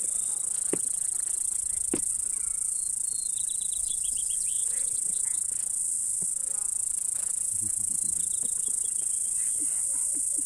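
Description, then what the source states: Crickets giving a continuous, high, even trill, with scattered short bird chirps and twittering underneath. Montana, 2013; crickets recorded together with birds.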